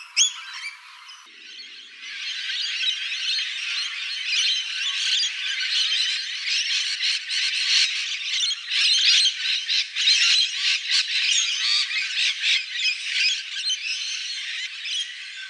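Rainbow lorikeet chatter: a dense, continuous mass of harsh screeches and squawks throughout, quieter at the start.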